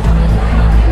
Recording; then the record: background sound without coughing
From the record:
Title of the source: Party Noise 1 Hour Party Ambience